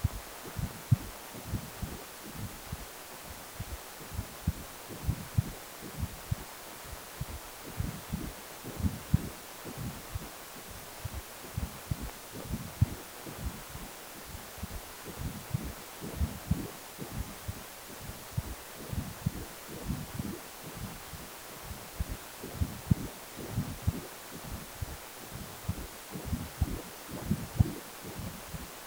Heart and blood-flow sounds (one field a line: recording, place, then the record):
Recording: Doppler ultrasound of blood flow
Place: precordium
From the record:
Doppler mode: continuous wave and pulsed wave in the uncut recording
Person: healthy adult, 18 to 50 years, no heart murmur, not diving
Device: 2.5 MHz transducer